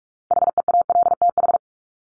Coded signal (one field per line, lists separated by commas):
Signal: Morse code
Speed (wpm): 44 wpm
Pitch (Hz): 700 Hz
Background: none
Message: HEALTH